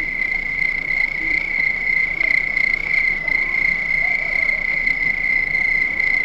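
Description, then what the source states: Crickets give an unbroken shrill high trill, with a softer overtone above. Crickets at night.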